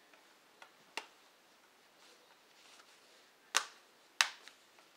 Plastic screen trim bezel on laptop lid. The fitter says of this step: once you've got the black plastic trim piece snapped in place and go ahead and reinstall these four corner screws